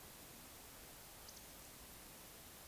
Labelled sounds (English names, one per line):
Eurasian Woodcock whistle